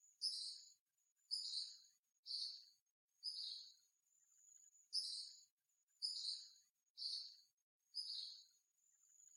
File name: Tyrannus dominicensis